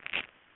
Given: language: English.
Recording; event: throat vibration sensor signal played as sound; swallow